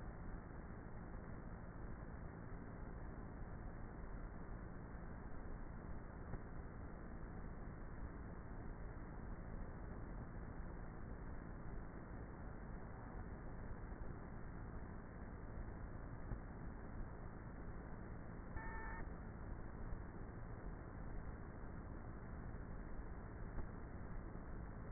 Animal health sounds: honeybee colony, microphone inside the hive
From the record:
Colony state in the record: queenless with a low population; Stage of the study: before two queens were removed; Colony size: about 30,000 bees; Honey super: no

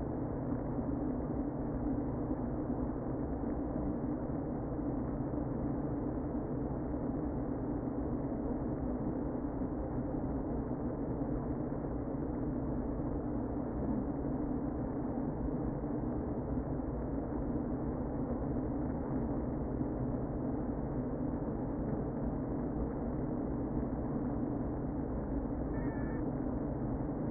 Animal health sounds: honeybee colony, microphone inside the hive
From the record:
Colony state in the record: queen present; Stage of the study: before two queens were removed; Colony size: about 60,000 bees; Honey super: yes

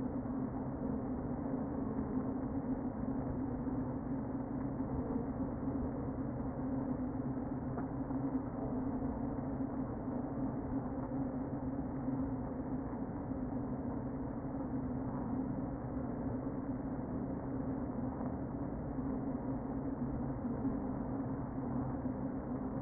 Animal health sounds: honeybee colony, microphone inside the hive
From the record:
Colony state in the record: queen present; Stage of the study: before two queens were removed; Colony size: about 60,000 bees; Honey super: yes

